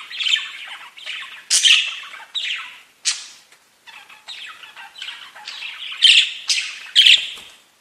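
Budgerigar squawks and chirps, loud separate harsh notes at irregular intervals with softer warbling between them.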